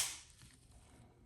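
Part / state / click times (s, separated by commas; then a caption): plastic front half of key fob shell onto back half / not seated / none. The plastic clamshell halves of a Honda key fob (Pilot, Civic, Accord, Odyssey) are handled during a battery change, with the back part closed first and the plastic front half being brought onto the back half. A bright, hissy burst opens the clip and fades over about 0.3 seconds into a quiet, low background rumble. Nothing has seated or clicked yet.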